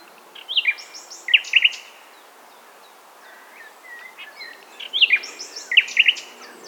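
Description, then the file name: Common nightingale song, two similar short phrases of sharp rising notes and quick clicks, separated by a quiet pause with faint other calls. "Luscinia megarhynchos"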